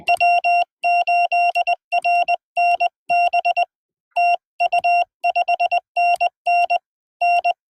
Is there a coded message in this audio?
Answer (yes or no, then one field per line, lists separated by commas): yes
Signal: Morse code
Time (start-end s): 0.1-7.5 s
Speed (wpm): 20 wpm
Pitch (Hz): 2750 Hz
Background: none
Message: W8RNB TU 5NN N